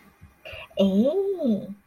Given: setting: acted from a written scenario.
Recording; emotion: vocal sound without words; desire